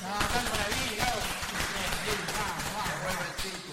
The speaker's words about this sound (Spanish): Hay mayoría almirense, así que Albino está en nuestro primer. Un aplauso. El top 3.